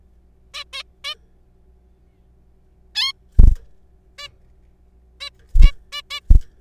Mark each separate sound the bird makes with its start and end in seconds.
0.54-0.64, 0.73-0.83, 1.04-1.15, 2.95-3.13, 4.18-4.28, 5.21-5.30, 5.62-5.72, 5.92-6.01, 6.11-6.20